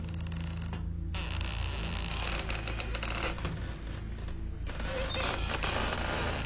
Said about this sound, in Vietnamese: Cùng lúc ấy thì tiếng cọt cả cọt kẹt, cọt cả cọt kẹt lại vang lên ở ngay ngoài cửa phòng của hắn.